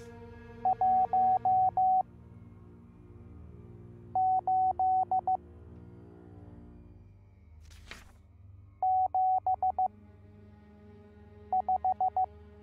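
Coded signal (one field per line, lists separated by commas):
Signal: Morse code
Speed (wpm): 15 wpm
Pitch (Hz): 750 Hz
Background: music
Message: 1 8 7 5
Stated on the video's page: Morse code in a puzzle-solving escape game.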